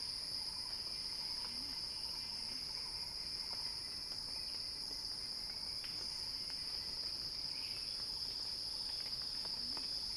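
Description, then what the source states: Cicada song giving one level, piercing buzz across the whole stretch, with occasional soft chirps and faint pulsing calls behind it. Recording titled a cicada crescendo.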